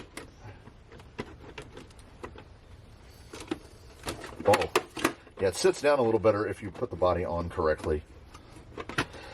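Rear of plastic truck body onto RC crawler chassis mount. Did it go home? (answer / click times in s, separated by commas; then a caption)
no / none. The rear of the plastic K5 Blazer body on an FMS FCX10 RC crawler is handled and pressed down over the chassis mount, making scattered short plastic ticks and taps while someone talks in the middle. The rear mount has not clicked into place yet, and nothing has seated.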